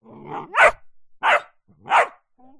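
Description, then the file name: Dog (Ridgeback x Bullmastiff): puppy barking: a soft whimper, then three sharp, high yelping barks spaced about two-thirds of a second apart, ending with a brief thin whine. Ridgeback cross Bullmastiff puppy, several weeks old, barking. "zapsplat animals dog puppy"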